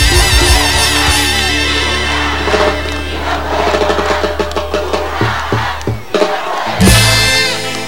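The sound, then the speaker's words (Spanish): A concert crowd claps with hands in the air and shouts over loud, bass-heavy music, with a burst of cheering near the end. “Manos en el aire, aplauso de la mano. Y díganme si quieren una más.”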